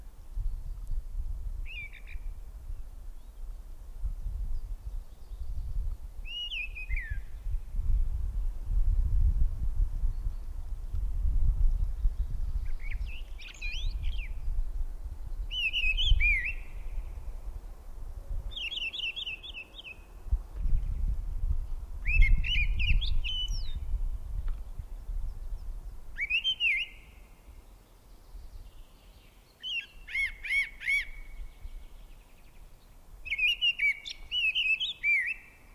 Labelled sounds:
Mistle Thrush song

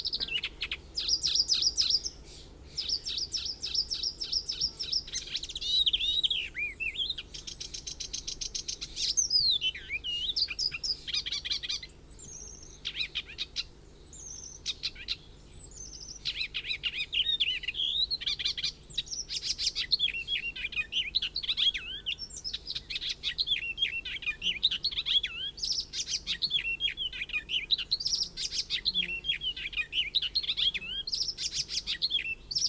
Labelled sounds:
Icterine Warbler song

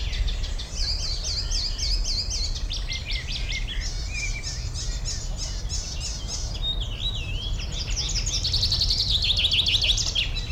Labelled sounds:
Common Chaffinch

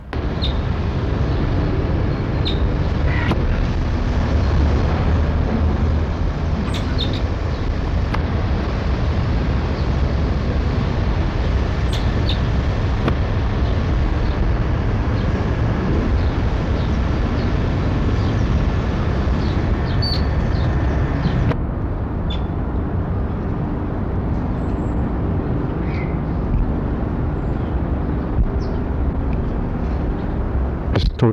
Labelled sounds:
Black-capped Squirrel Monkey

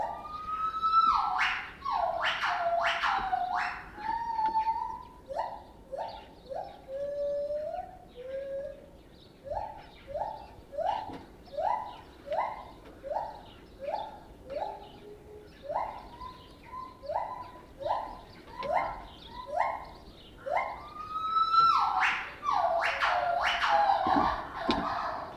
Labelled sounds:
Lar Gibbon

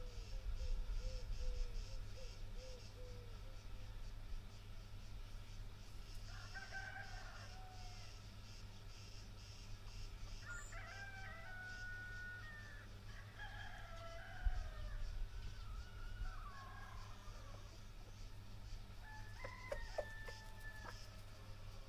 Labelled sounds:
Wild Turkey call

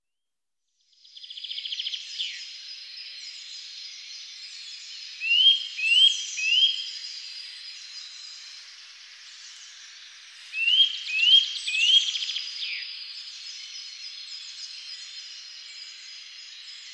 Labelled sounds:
Eurasian Nuthatch song

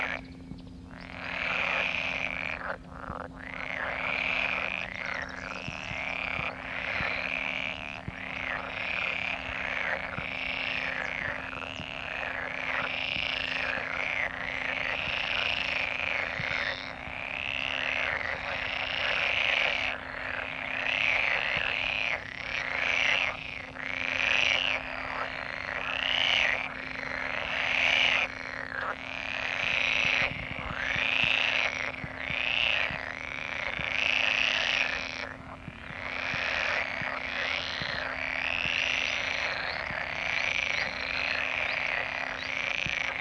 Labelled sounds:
Pool Frog call

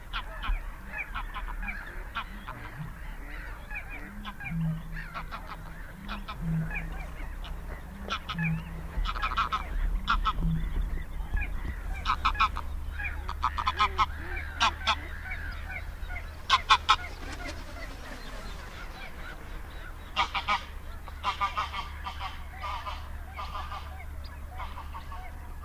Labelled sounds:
Little Crake

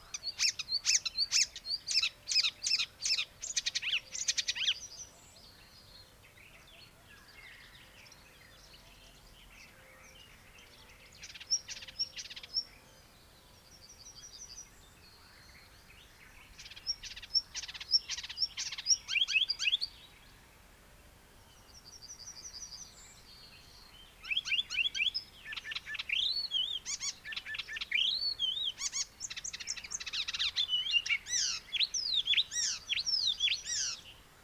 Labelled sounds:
Icterine Warbler song

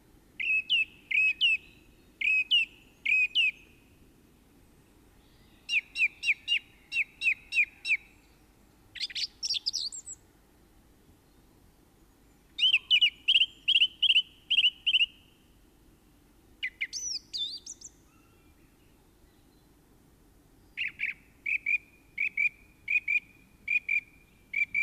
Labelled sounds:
Song Thrush song

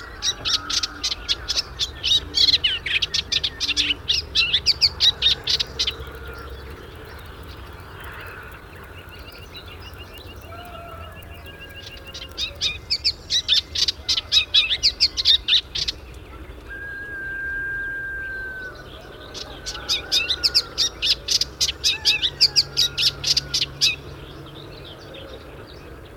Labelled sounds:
Eastern Olivaceous Warbler song

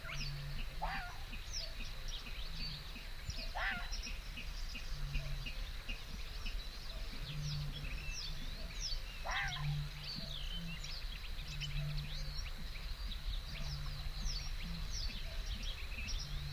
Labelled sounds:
Red Fox

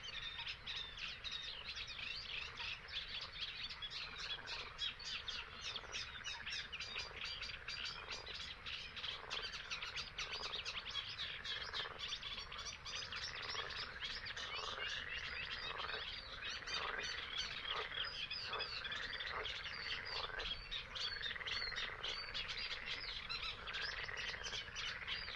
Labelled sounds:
Great Bittern

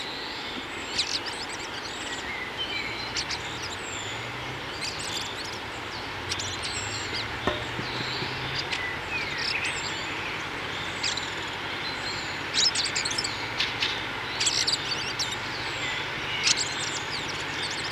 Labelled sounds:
Fieldfare song

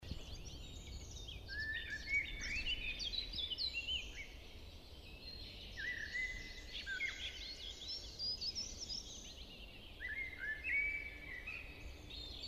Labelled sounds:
Common Blackbird song

